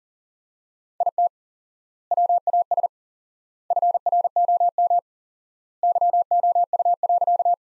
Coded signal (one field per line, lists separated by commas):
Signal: Morse code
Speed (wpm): 37 wpm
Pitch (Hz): 700 Hz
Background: none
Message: IT WAS FROM YOU.